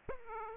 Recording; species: mosquito wingbeat signal from an infrared sensor; Aedes aegypti